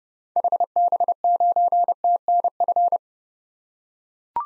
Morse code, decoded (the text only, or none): HB9TNF